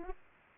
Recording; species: mosquito wingbeat signal from an infrared sensor; Aedes aegypti